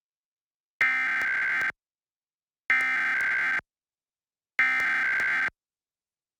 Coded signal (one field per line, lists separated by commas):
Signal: Emergency Alert System (SAME) tones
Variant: header bursts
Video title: Texas | EAS Required Monthly Tests | 10/6/20